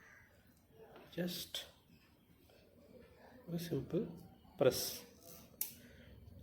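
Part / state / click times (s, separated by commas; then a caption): RJ45 plug on network cable in crimping tool / seated / 5.6 s. A network cable's plastic RJ45 plug sits in the die of a crimping tool and is crimped with a single press while someone talks. The tool gives a sharp click at 5.6 s, and the plug is crimped in place, after which the tool can be released.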